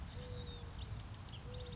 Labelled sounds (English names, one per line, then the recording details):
Mourning Dove
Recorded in Sonoma County, California